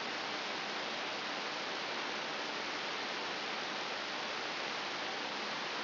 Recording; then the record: brain microelectrode recording played as sound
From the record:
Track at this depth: inside the subthalamic nucleus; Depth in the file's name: 6.732 mm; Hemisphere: right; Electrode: 3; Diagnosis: Parkinson's disease